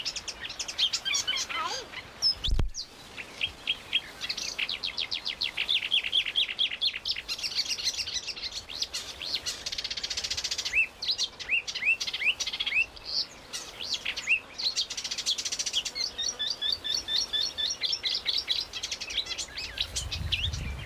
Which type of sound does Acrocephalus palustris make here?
song